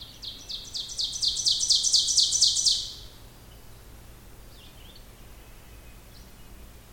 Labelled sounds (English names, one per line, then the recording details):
Ovenbird song
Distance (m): 10 m
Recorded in boreal forest in Alberta, Canada, on 16 June 2016 at 06:39
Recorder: SongMeter 3, array SBT-3-32
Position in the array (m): 152 m, 33 m
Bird 36